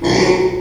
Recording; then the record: squeal of a Yucatan mini pig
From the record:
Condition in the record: before surgery on the right vocal fold (resection and tissue-engineered implant); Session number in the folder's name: 1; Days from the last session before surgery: -3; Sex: male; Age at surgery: 12 weeks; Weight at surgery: 13 kg